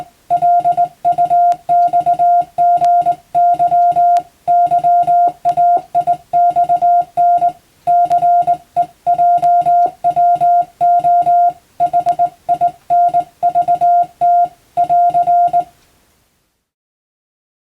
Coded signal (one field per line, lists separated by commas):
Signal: Morse code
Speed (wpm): 19 wpm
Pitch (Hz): 700 Hz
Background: music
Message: LUXGY YAIXN CEJWO HINVT <AR>